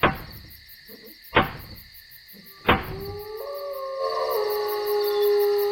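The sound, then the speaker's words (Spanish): Three loud, evenly spaced knocks on the door of a Halloween party, about a second and a half apart, followed by a steady layered tonal hum under a faint high chirping. “Anda, llama a la puerta.”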